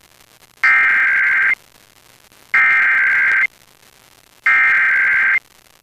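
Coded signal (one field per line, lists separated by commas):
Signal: Emergency Alert System (SAME) tones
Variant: header bursts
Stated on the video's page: Real EAS Required Monthly Tests received off air from FM broadcast stations and translators in Pennsylvania.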